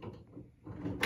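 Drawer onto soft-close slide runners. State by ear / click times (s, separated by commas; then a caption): seated / 1.0 s. A sewing cabinet drawer, lined up with its two soft-close slide runners, is pushed in with a low sliding rumble. A sharp, short click at 1.0 s marks the runner latches engaging, and the drawer is seated.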